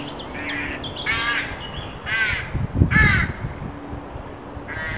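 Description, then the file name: Carrion crow cawing, several rough rasping caws, with low knocking noises. "Corvus corone"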